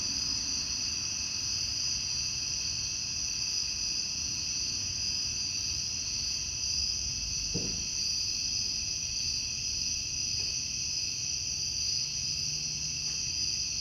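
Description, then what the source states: Unbroken cicada drone at high pitch, with a few brief clicks and knocks scattered through and a soft low hum later. Outdoor recording in summer.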